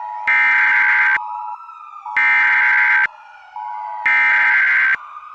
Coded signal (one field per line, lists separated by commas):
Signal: Emergency Alert System (SAME) tones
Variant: header bursts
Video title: EAS Recreation (06/15/24): Oakland Shooting Incident